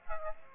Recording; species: mosquito wingbeat signal from an infrared sensor; Aedes aegypti